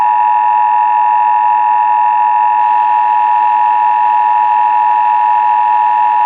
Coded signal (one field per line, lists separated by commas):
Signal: Emergency Alert System (SAME) tones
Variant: 853 and 960 Hz attention tone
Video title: Black Mesa - Radio & EAS Transmissions